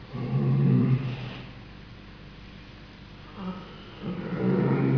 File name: Ursus maritimus